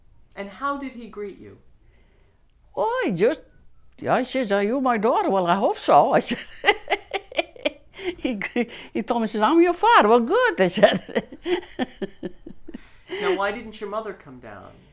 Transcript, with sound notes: And how did he greet you?
Oh, he just, he says, "Are you my daughter?" "Well, I hope so," I said. ( she laughs ) He told me, he says, "I'm your father." "Well, good," I said.
Now, why didn't your mother come down?